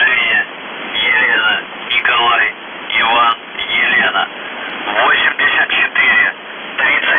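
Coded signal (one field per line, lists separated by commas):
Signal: numbers station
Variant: UVB-76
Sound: short spoken word bursts through a narrow radio channel, separated by brief pauses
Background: radio static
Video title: The Buzzer/UVB-76(4625Khz) September 2, 2021 07:51UTC Voice message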